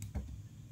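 A phone battery with gold-plated contacts is lined up with the contacts of an LG V20 mobile phone and pushed down into its battery bay. A short, sharp click at 0.0 s (about 0.02 s) seats the battery in place, followed by softer low knocks at about 0.2 s and 0.7 s.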